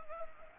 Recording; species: mosquito wingbeat signal from an infrared sensor; Anopheles gambiae